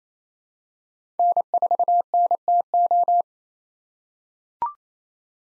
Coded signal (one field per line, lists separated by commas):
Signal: Morse code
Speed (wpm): 28 wpm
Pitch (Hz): 700 Hz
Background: none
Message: N4NTO